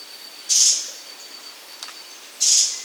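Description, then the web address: Sharp-tailed streamcreeper calls: two sharp, very high, explosive notes about two seconds apart against a faint hiss. Recorded in the Andes of South America. "Natures Songs S America Andean Birds. Sharp-Tailed Streamcreeper (Lochmias Nematura)"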